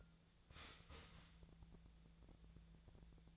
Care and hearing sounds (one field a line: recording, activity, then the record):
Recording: daily activity, microphone in the room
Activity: start toaster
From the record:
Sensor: 3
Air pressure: 1000.2 hPa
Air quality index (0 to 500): 154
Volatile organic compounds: 3 ppm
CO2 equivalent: 1362 ppm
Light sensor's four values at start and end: 37/95/40/43 and 37/95/40/43